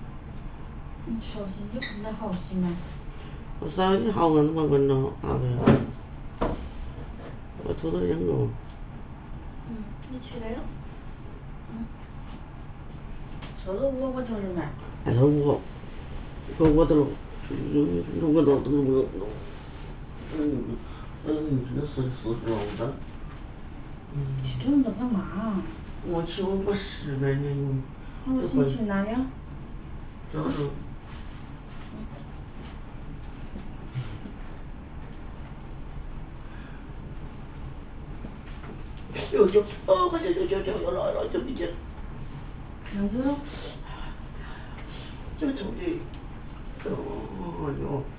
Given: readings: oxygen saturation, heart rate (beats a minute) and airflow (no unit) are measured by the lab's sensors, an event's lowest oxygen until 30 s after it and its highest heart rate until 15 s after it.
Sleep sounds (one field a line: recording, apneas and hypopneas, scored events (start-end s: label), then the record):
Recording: a person awake in a sleep study, by a smartphone at the bedside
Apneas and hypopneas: none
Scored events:
0.00-48.19 s: awake
0.00-48.19 s: awake
From the record:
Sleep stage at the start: awake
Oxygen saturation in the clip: 93 to 95%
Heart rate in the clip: 59 to 79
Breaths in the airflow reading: 4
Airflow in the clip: -20.6 to 21.6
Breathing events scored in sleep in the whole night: 328 in 6.3 hours asleep